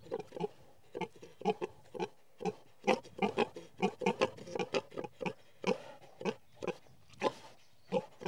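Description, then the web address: Domestic pig grunting: short, rough, nasal grunts come in quick bursts, often two or three together, with brief quiet gaps between them. Pigs in a field. "BBC Sound Effects Library. Pigs In Field"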